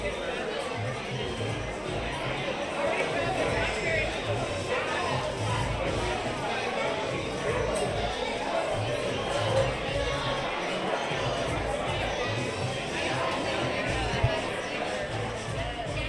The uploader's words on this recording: Oga's Cantina (Disneyland) Binaural Ambience. Oga's Cantina, in Star Wars Galaxy's Edge.